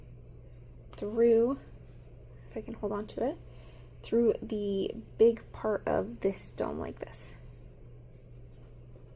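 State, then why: Not seated. Someone talks while holding a safety eye and lining up its plastic backing washer on the post through the crochet fabric, getting ready to push it home. Short bursts of speech sit over a steady low hum. Nothing has seated or clicked yet.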